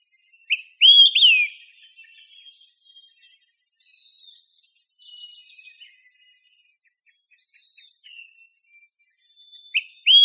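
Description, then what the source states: Olive-sided flycatcher calling with a cluster of loud, slurred, high-pitched notes near the start and another at the close, with soft, fainter notes filling the gap. Recorded in Costa Rica.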